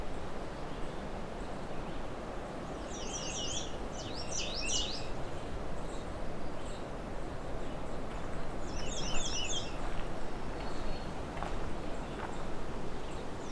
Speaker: More than a few American red starts here, as you can hear.